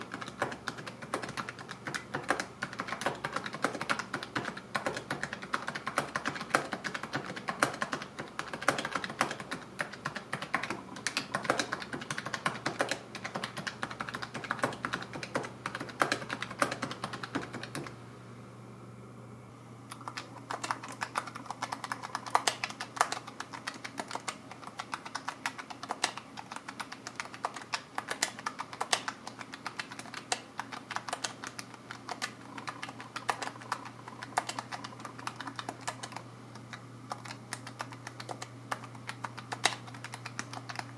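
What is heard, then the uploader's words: Rapid keyboard typing runs almost continuously, a dense stream of crisp, irregular key clicks. Around eighteen seconds the typing stops for a second or two, then resumes at the same busy pace. A steady low hum sits underneath throughout. PinePhone Keyboard Typing. An example of typing with 10 fingers, 2 index fingers and 2 thumbs while holding the device.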